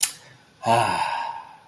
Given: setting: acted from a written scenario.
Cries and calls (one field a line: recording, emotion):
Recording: vocal sound without words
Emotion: contentment